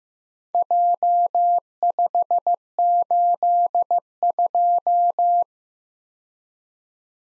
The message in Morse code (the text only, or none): J582